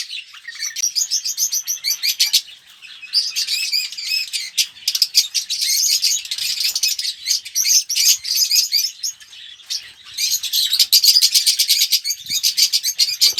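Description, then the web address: Red-rumped parrot song: long sequences of high warbled chirps and fast trilled runs, broken by short gaps, rhythm quick and uneven throughout. "pevcii popugai. parrots psephotus-haematonotus"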